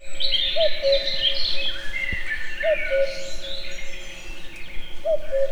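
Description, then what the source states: Common cuckoo giving three soft, falling two-note cu-coo calls at a steady pace, with busy songbird chatter and whistles above. In nature, in a forest full of many bird voices, in Hungary.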